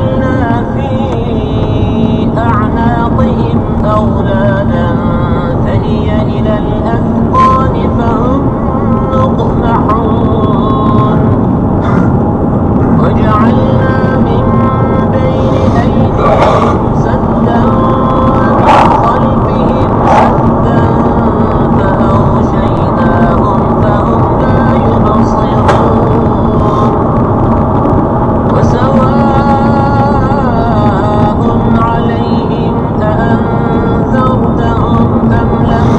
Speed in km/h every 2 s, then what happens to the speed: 34, 45, 48, 55, 60, 62, 65, 66, 66, 64, 62, 60, 61, 61, 63, 64, 66, 66.
0-11 speeds up to 65. 11-27 steady at about 62.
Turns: none.